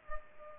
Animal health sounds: mosquito wingbeat signal from an infrared sensor; Culex pipiens

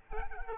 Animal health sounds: mosquito wingbeat signal from an infrared sensor; Culex pipiens

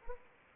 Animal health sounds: mosquito wingbeat signal from an infrared sensor; Anopheles arabiensis

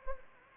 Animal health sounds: mosquito wingbeat signal from an infrared sensor; Anopheles gambiae

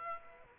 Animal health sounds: mosquito wingbeat signal from an infrared sensor; Aedes aegypti

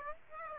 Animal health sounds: mosquito wingbeat signal from an infrared sensor; Aedes aegypti

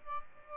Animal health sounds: mosquito wingbeat signal from an infrared sensor; Aedes albopictus

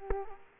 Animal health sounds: mosquito wingbeat signal from an infrared sensor; Culex quinquefasciatus

